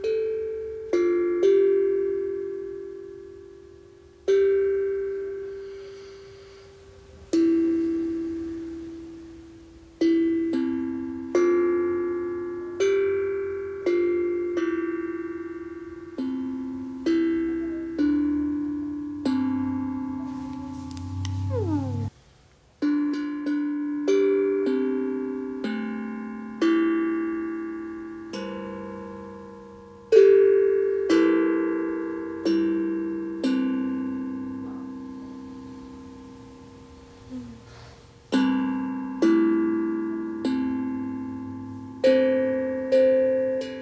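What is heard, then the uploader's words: Metal bowls or drums are struck every few seconds, each ringing bright and clear before slowly fading, with a low hum beneath. Sound Bath - Soothing Sound Healing for Empaths. ASMR sound baths with gongs, singing bowls and/or metal drums.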